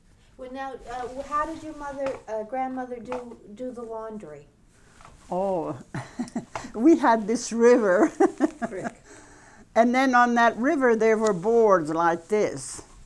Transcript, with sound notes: Well, now, how did your mother, grandmother, do the laundry?
Oh... ( she laughs ) We had this river. And then on that river there were boards like this,